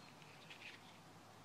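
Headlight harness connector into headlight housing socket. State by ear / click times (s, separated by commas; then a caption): not seated / none. A new headlight wiring harness connector with an O-ring seal is worked into the back of a headlight housing on a VW GTI/Golf during replacement of a faulty headlight wiring harness. Soft, quiet handling and scraping sounds are heard, with a small tap at 0.2 s and faint higher-pitched rustling around 0.5–0.7 s. Nothing has seated or clicked yet.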